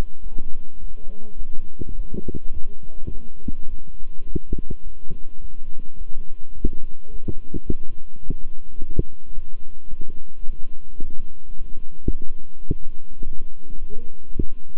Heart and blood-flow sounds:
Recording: heart sounds by stethoscope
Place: between the tricuspid and mitral areas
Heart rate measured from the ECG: 106 bpm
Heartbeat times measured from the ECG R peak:
0.22 s: heartbeat
0.79 s: heartbeat
1.37 s: heartbeat
1.95 s: heartbeat
2.52 s: heartbeat
3.10 s: heartbeat
3.68 s: heartbeat
4.25 s: heartbeat
4.82 s: heartbeat
5.40 s: heartbeat
5.96 s: heartbeat
6.53 s: heartbeat
7.10 s: heartbeat
7.66 s: heartbeat
8.22 s: heartbeat
8.78 s: heartbeat
9.33 s: heartbeat
9.89 s: heartbeat
10.45 s: heartbeat
11.01 s: heartbeat
11.56 s: heartbeat
12.12 s: heartbeat
12.67 s: heartbeat
13.23 s: heartbeat
13.78 s: heartbeat
14.33 s: heartbeat
From the record:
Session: walking at 3.7 km/h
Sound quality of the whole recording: good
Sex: male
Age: 26 years

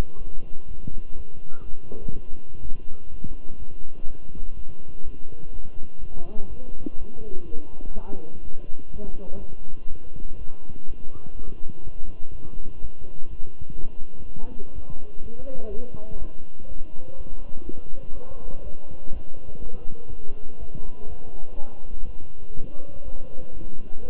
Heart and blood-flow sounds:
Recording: heart sounds by stethoscope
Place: between the tricuspid and mitral areas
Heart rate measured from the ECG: 123 bpm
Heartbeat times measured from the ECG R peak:
0.17 s: heartbeat
0.67 s: heartbeat
1.15 s: heartbeat
1.64 s: heartbeat
2.12 s: heartbeat
2.61 s: heartbeat
3.10 s: heartbeat
3.58 s: heartbeat
4.06 s: heartbeat
4.55 s: heartbeat
5.03 s: heartbeat
5.51 s: heartbeat
5.99 s: heartbeat
6.48 s: heartbeat
6.97 s: heartbeat
7.46 s: heartbeat
7.94 s: heartbeat
8.43 s: heartbeat
8.92 s: heartbeat
9.40 s: heartbeat
9.88 s: heartbeat
10.37 s: heartbeat
10.86 s: heartbeat
11.35 s: heartbeat
11.83 s: heartbeat
12.31 s: heartbeat
12.80 s: heartbeat
13.29 s: heartbeat
13.77 s: heartbeat
14.25 s: heartbeat
14.74 s: heartbeat
15.22 s: heartbeat
15.70 s: heartbeat
16.18 s: heartbeat
16.67 s: heartbeat
17.16 s: heartbeat
17.65 s: heartbeat
18.13 s: heartbeat
18.62 s: heartbeat
19.12 s: heartbeat
19.60 s: heartbeat
20.09 s: heartbeat
20.59 s: heartbeat
21.08 s: heartbeat
21.56 s: heartbeat
22.05 s: heartbeat
22.55 s: heartbeat
23.04 s: heartbeat
23.53 s: heartbeat
24.02 s: heartbeat
From the record:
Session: walking at 3.7 km/h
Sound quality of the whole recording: good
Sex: male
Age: 23 years

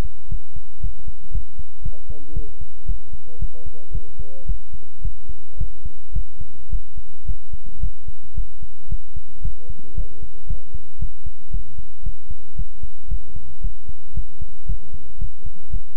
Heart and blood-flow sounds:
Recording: heart sounds by stethoscope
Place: between the tricuspid and mitral areas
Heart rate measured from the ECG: 113 bpm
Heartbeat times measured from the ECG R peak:
0.28 s: heartbeat
0.80 s: heartbeat
1.31 s: heartbeat
1.82 s: heartbeat
2.33 s: heartbeat
2.85 s: heartbeat
3.39 s: heartbeat
3.91 s: heartbeat
4.46 s: heartbeat
5.01 s: heartbeat
5.57 s: heartbeat
6.12 s: heartbeat
6.69 s: heartbeat
7.25 s: heartbeat
7.80 s: heartbeat
8.34 s: heartbeat
8.88 s: heartbeat
9.41 s: heartbeat
9.94 s: heartbeat
10.47 s: heartbeat
10.99 s: heartbeat
11.51 s: heartbeat
12.03 s: heartbeat
12.55 s: heartbeat
13.08 s: heartbeat
13.61 s: heartbeat
14.14 s: heartbeat
14.66 s: heartbeat
15.18 s: heartbeat
15.70 s: heartbeat
From the record:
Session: pedaling a stationary bicycle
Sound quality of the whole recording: good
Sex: male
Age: 24 years

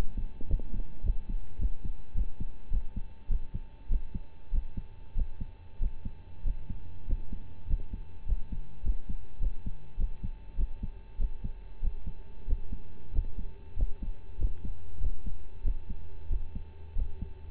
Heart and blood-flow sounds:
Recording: heart sounds by stethoscope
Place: between the tricuspid and mitral areas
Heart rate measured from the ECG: 98 bpm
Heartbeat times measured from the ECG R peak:
0.47 s: heartbeat
1.02 s: heartbeat
1.58 s: heartbeat
2.14 s: heartbeat
2.70 s: heartbeat
3.28 s: heartbeat
3.88 s: heartbeat
4.51 s: heartbeat
5.14 s: heartbeat
5.78 s: heartbeat
6.43 s: heartbeat
7.05 s: heartbeat
7.66 s: heartbeat
8.25 s: heartbeat
8.82 s: heartbeat
9.39 s: heartbeat
9.97 s: heartbeat
10.56 s: heartbeat
11.17 s: heartbeat
11.80 s: heartbeat
12.45 s: heartbeat
13.11 s: heartbeat
13.75 s: heartbeat
14.37 s: heartbeat
14.99 s: heartbeat
15.63 s: heartbeat
16.28 s: heartbeat
16.94 s: heartbeat
From the record:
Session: rest, lying down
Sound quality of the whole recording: partially saturated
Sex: male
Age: 25 years

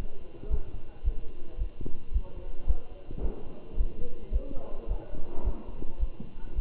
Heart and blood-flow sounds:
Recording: heart sounds by stethoscope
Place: between the tricuspid and mitral areas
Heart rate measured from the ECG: 109 bpm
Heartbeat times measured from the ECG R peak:
0.52 s: heartbeat
1.06 s: heartbeat
1.60 s: heartbeat
2.14 s: heartbeat
2.68 s: heartbeat
3.23 s: heartbeat
3.79 s: heartbeat
4.34 s: heartbeat
4.89 s: heartbeat
5.46 s: heartbeat
6.01 s: heartbeat
6.57 s: heartbeat
From the record:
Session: Bruce protocol treadmill stress test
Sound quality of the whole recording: good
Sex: male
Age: 27 years

